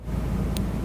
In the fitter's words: Did you hear that click? It was real. It was a real low click.